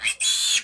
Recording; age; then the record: pig call; piglet (1 to 25 days)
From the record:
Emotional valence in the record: negative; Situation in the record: castration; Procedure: castration, fixation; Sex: male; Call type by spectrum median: high-frequency call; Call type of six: high-frequency modulated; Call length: 0.64 s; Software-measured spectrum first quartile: 3309 Hz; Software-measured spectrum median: 4925 Hz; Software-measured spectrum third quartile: 7926 Hz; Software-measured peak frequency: 3400 Hz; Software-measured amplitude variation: 184 dB a second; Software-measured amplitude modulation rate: 19.7 a second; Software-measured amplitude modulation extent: 9.3 dB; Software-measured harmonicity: 3.5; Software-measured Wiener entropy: -2.20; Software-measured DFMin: 927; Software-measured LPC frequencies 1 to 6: 2540, 3387, 4134, 6787, 8202, 8638 Hz